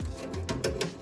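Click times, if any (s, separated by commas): none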